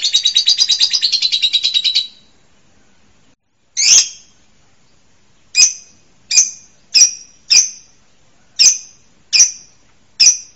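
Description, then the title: A bird opens with a two-second rapid trill, falls silent, then gives eight sharp high chips at irregular intervals. Masteran song-training recording for songbirds. "LuckyBurung MasteranBest"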